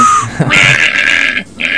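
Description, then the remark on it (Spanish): A raspy, pig-like grunting snort: loud, noisy breathy bursts with a harsh nasal rasp, broken by a brief pause before a final shorter snort. “Eso parece un chancho.”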